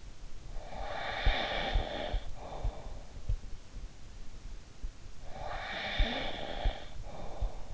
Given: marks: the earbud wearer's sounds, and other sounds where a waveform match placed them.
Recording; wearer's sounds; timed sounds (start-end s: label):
sounds in sleep by an in-ear microphone; snoring breath
0.27-3.26 s: snoring breath
5.34-7.74 s: snoring breath